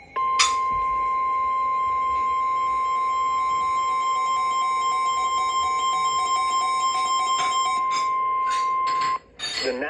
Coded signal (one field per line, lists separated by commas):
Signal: Emergency Alert System (SAME) tones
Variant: 1050 Hz attention tone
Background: speech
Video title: Severe Thunderstorm Warning (EAS 2389) 7/29/23